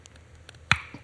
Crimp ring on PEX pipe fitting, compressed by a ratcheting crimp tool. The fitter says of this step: until it clicks you want to squeeze it until you hear that pop